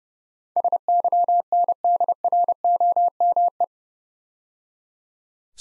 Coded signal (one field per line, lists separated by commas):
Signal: Morse code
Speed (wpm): 28 wpm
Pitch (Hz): 700 Hz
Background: none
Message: SYNDROME